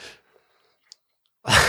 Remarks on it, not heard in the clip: Scooby's sneezing like a maniac. I have Scooby sitting next to me, and he had a little sneeze attack. He looks like he's doing better.